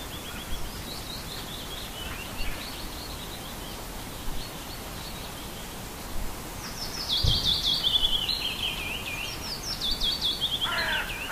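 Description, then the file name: Small birds singing high, thin twittering phrases, brief bursts early then a longer bright run of chirps in the second half, over a steady hiss. "Nature Sounds - Little Birds"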